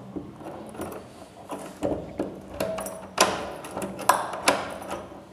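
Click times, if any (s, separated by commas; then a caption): 4.1 s. A newly fitted mortise handle lock in a wooden flush door is tested from the outside by turning the lock, with several metallic clicks and knocks around 1.9, 2.2, 2.6, 3.2 and 4.5 seconds. A sharp metallic clack at 4.1 seconds marks the bolt throwing, and the door locks from outside.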